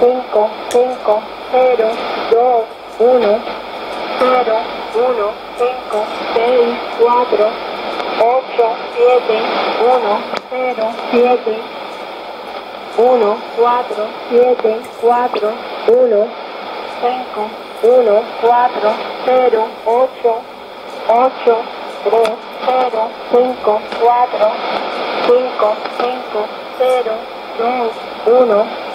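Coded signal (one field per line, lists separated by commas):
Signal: numbers station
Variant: HM01, Spanish voice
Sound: spanish female voice reading digits one by one in groups over radio hiss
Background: radio static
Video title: 23 10 2015 Cuban Spy Numbers HM01 in Spanish 0700 on 9330 Bejucal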